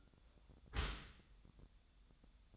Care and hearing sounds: daily activity, microphone in the room; close dishwasher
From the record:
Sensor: 3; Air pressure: 1004.6 hPa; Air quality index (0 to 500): 108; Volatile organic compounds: 4 ppm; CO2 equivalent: 1702 ppm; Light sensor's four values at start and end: 7/17/7/6 and 7/17/7/6

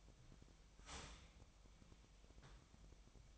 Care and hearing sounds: daily activity, microphone in the room; start toaster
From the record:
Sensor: 1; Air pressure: 1002.0 hPa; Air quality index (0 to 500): 239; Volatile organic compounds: 44 ppm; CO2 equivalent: 3210 ppm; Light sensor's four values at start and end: 10/35/12/14 and 10/35/12/14

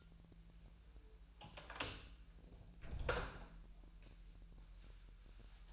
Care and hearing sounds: daily activity, microphone in the room; close door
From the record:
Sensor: 2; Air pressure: 1001.3 hPa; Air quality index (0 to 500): 245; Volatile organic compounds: 82 ppm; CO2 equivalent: 3620 ppm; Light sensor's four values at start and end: 8/20/8/8 and 7/17/6/6

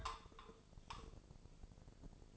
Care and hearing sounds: daily activity, microphone in the room; take from stove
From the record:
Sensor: 5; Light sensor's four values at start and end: 35/83/34/35 and 34/82/34/35

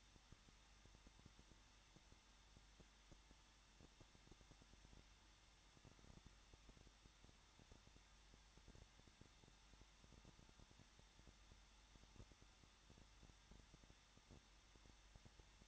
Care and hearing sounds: daily activity, microphone in the room; no activity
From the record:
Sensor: 3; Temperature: 21.2 degrees Celsius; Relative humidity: 36.4%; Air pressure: 1006.4 hPa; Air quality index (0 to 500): 223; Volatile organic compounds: 42 ppm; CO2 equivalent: 3188 ppm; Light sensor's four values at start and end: 2/3/2/2 and 2/3/2/2

